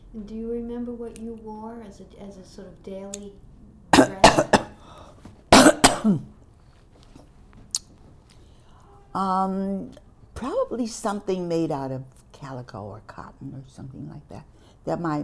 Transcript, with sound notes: Do you remember what you wore as sort of a daily dress?
(coughing) Um, probably something made out of calico or cotton or something like that, that my